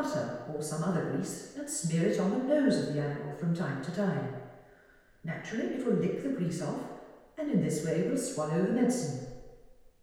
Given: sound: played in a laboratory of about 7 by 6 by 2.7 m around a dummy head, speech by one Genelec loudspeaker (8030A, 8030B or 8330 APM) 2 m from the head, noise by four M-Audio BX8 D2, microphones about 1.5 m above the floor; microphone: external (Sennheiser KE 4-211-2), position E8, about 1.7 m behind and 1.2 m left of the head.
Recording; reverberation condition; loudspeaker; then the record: female speech in English; high; 60 degrees to the right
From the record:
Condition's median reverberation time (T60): about 1300 ms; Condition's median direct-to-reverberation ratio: about -4.0 dB